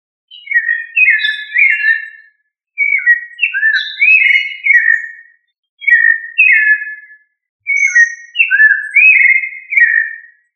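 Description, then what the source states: Thrush song: four clear whistled phrases, each about one and a half to three seconds long, made of several short, slurred, fluting notes, separated by brief silences. Thrush family Turdidae.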